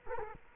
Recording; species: mosquito wingbeat signal from an infrared sensor; Culex quinquefasciatus